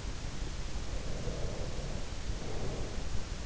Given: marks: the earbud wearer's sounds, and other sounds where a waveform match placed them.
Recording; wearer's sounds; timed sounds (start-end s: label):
sounds in sleep by an in-ear microphone; breath
0.87-3.23 s: breath